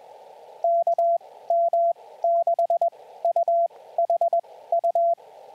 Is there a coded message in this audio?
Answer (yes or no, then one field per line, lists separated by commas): yes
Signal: Morse code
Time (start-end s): 0.6-5.1 s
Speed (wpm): 21 wpm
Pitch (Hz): 680 Hz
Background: radio noise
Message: KM6UHU